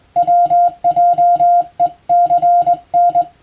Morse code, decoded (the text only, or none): WJECN